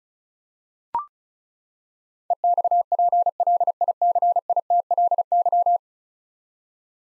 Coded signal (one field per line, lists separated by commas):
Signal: Morse code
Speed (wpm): 36 wpm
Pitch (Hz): 700 Hz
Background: none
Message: EXPLICITLY